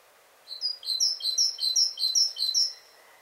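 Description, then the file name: Great tit calling: a quick, steady series of short high notes. "Parus major"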